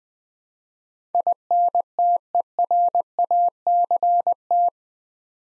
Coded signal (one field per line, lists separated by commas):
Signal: Morse code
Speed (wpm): 20 wpm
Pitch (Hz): 700 Hz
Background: none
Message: INTERACT